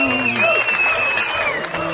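An audience applauds steadily, with a dense wash of clapping mixed with crowd cheering and a high, sustained whistle running across the top, all fairly loud and continuous.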